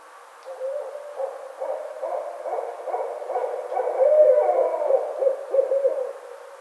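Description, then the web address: Barred owl calls tumble together in a dense, wavering stream of low hoots and cackling notes, rising to a louder burst midway before easing off. Recorded 25 May 2009. "Barred Owl 2009 05 25 Barred Owl"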